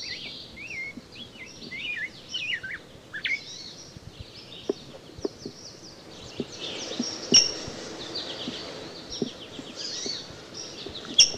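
Rose-breasted grosbeak singing a fluid, robin-like warble of sliding notes, followed by quieter phrases and a few isolated sharp notes.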